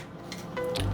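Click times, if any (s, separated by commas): none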